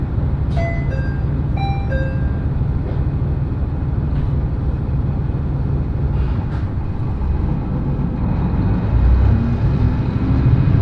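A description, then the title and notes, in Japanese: A ride aboard an Echigo Tokimeki Railway train, carried by a steady, dense low rumble from start to finish. In the first two seconds, a short run of clear chime-like tones steps between pitches. Occasional faint clicks follow, and the rumble swells slightly near the end. 耳で楽しむ鉄道旅 えちごトキめき鉄道 高田→直江津→糸魚川。ディーゼルカー1両で足りてしまいます。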